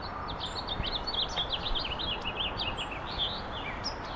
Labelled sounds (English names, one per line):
House Finch song